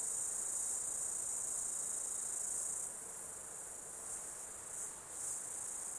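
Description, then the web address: Insects in a dense high-pitched shrilling chorus, steady for about three seconds, then slightly softer with brief swells near the end. Insect ambience in an Australian summer, outdoors. "Foundation 1 AMBIENCE AUSTRALIAN SUMMER INSECTS"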